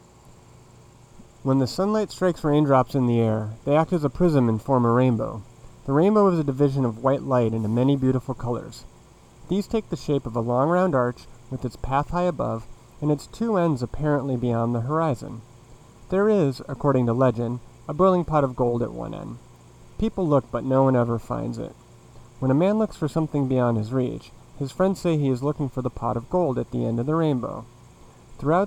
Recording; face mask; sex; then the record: reading aloud; none; male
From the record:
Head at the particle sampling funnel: facing it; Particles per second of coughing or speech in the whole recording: 2.32